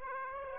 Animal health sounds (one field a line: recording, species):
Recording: mosquito wingbeat signal from an infrared sensor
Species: Aedes aegypti